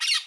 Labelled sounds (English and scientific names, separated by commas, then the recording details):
Brown-throated Parakeet (Eupsittula pertinax) contact call
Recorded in Curacao
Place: Hoffi Jan Thiel
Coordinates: 12.094, -68.877